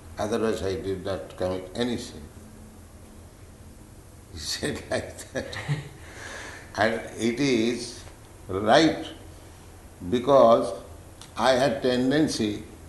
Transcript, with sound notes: Otherwise I did not commit any sin. He said like that. [laughing] And it is right, because I had tendency